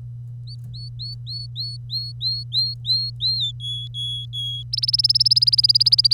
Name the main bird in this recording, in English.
Domestic Canary